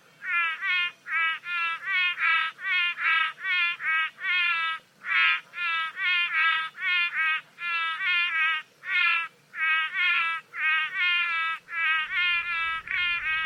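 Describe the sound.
Frog giving loud, nasal, harmonic bleats in quick succession, about two or three per second, nearly continuous throughout.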